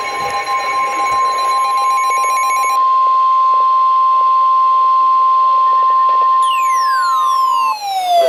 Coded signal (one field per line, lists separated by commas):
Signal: Emergency Alert System (SAME) tones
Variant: 1050 Hz attention tone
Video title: Late April Severe Weather EAS Event Compilation! (EAS #682-749)